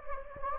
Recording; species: mosquito wingbeat signal from an infrared sensor; Anopheles gambiae